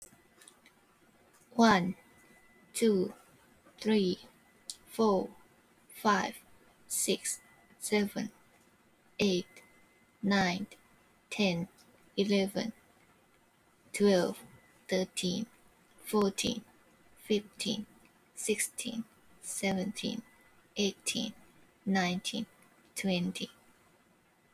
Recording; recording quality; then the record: counting at a normal pace; excellent, no background noise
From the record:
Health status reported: healthy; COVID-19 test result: not tested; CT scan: not taken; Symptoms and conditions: cough, cold, breathing difficulty, muscle pain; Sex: female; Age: 21 years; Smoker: no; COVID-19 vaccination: none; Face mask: not worn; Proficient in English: no